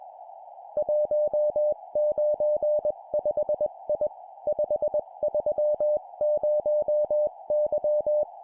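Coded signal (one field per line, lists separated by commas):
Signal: Morse code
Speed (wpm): 21 wpm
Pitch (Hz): 600 Hz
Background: none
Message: 195I 530Y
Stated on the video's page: Morse code course drill at 20 wpm of four-character groups: three numbers then a letter.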